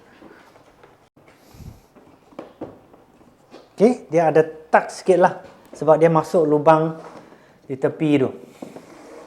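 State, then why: Seated. A dark blue plastic part is pressed all the way down into a LifeStraw water filter unit, snapping home with a sharp click at 2.4 s after a few soft handling sounds. Someone talks through the rest of the clip, and the part is seated.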